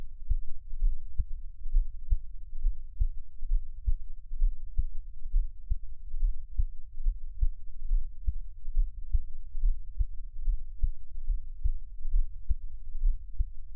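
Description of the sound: Soft, steady low thumps at about 67 beats a minute: an adult's own heartbeat recorded close up for ASMR, with no talking.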